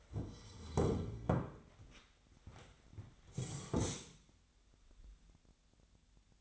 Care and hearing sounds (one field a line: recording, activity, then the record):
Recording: daily activity, microphone in the room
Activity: sit down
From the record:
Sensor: 3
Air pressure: 1007.9 hPa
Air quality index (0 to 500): 192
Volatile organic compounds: 14 ppm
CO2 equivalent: 2455 ppm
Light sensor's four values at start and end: 12/28/12/12 and 12/28/12/12